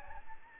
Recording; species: mosquito wingbeat signal from an infrared sensor; Aedes albopictus